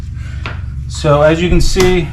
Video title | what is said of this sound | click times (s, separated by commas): Yak Attack Black Pack Pro 16x16 / Assembly, Thoughts and Setup / Yak Attack Made Me Get One!! | it just clips over. You can do it real quiet, or you can let it snap in place, or you can push down when you put it back to keep a quiet operation. | 0.5 s